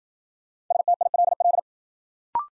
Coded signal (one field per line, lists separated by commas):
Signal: Morse code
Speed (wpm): 53 wpm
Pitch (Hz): 700 Hz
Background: none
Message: STILL